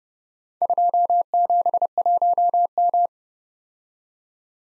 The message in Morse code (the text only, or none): 271M